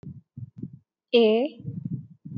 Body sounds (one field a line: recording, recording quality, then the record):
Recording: sustained vowel as in made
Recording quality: excellent, no background noise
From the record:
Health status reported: healthy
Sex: female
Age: 28 years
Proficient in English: yes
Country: India